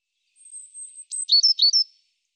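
European robin thin high whistled note held for over half a second, then a quick run of short warbled, slightly wavering notes.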